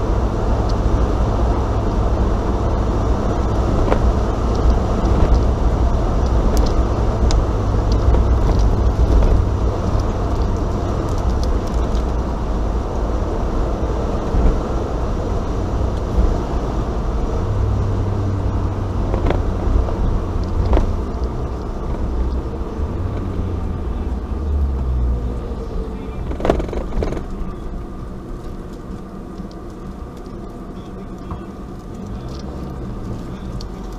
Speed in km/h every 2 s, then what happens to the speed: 83, 85, 85, 85, 84, 82, 79, 76, 75, 70, 68, 64, 58, 52, 43, 37, 24.
0-7 steady at about 85. 7-34 slows to 24.